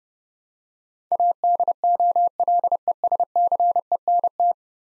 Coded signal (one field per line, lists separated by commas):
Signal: Morse code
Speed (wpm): 30 wpm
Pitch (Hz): 700 Hz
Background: none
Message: ADOLESCENT